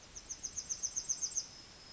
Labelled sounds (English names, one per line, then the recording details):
Yellowhammer song
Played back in forest
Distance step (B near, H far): E
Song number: 014